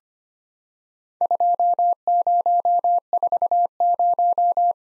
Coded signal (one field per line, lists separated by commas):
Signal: Morse code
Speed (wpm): 25 wpm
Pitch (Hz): 700 Hz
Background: none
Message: 2040